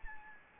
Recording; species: mosquito wingbeat signal from an infrared sensor; Anopheles gambiae